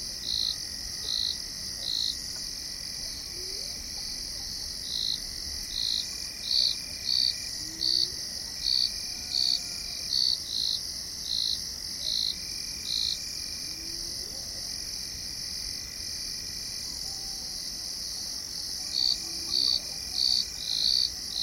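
Dense, steady insect chirring fills a dawn savanna, with regular bright cricket pulses repeating every half second and faint calls beneath.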